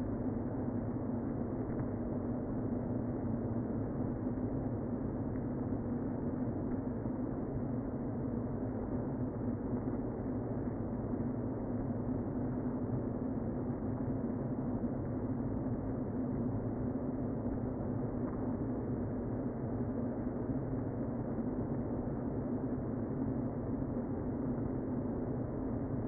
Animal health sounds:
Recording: honeybee colony, microphone inside the hive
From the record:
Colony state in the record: queen present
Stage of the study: before two queens were removed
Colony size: about 60,000 bees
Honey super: yes

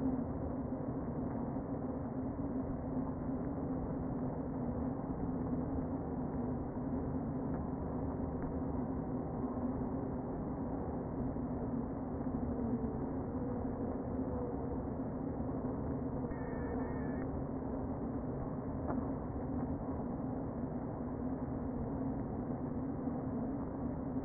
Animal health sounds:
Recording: honeybee colony, microphone inside the hive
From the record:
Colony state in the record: queen present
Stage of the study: before two queens were removed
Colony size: about 60,000 bees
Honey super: yes

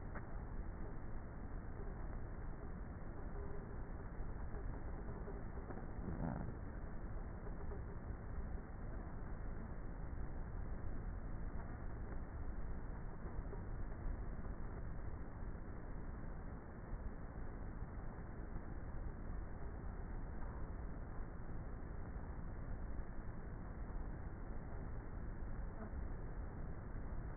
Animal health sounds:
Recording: honeybee colony, microphone inside the hive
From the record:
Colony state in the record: queenless with a low population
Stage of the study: before two queens were removed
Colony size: about 30,000 bees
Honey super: no

